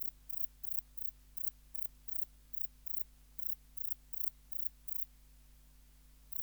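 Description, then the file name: Grey bush-cricket song: high, dry chirps repeated roughly three times a second, stopping briefly near the end before resuming, with a low background hum. "Platycleis albopunctata"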